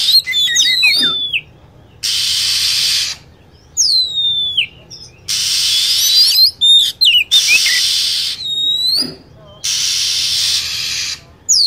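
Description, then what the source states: Lovebird chirps in repeated bursts of piercing, downward-sweeping notes, alternating with loud hiss-like noise throughout. Lure recording meant to attract lovebirds.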